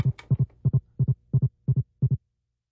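Rapid, regular, loud paired whooshing beats at about 175 per minute: the heartbeat of an unborn boy on a hospital Doppler monitor, heard two weeks before he was stillborn.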